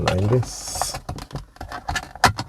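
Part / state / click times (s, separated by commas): plastic mirror trim cover onto rear-view mirror mount / seated / 2.2 s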